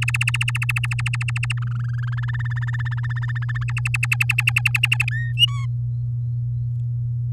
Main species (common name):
Domestic Canary